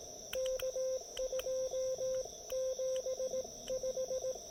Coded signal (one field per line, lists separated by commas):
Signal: Morse code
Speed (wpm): 18 wpm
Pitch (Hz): 530 Hz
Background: radio noise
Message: K275